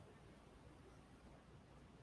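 A plastic snap fastener, button and post part, is lined up on snap pliers to be pressed onto fabric. Only a steady, broadband noisy rustle with low rumble is heard, with no distinct click. Nothing has seated or snapped together yet.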